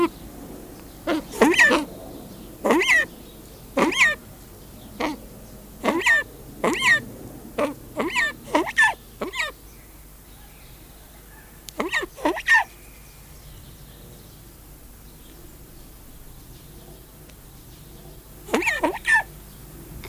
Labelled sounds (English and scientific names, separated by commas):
Brown Eared Pheasant (Crossoptilon mantchuricum) call